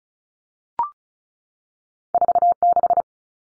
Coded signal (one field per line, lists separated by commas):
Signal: Morse code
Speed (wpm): 34 wpm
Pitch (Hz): 700 Hz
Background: none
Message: 46